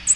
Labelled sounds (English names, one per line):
American Redstart flight call